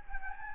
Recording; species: mosquito wingbeat signal from an infrared sensor; Anopheles gambiae